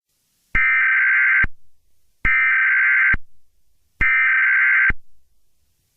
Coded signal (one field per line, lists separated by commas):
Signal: Emergency Alert System (SAME) tones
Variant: header bursts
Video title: Easter Killer Bunny (Easter EAS Scenario)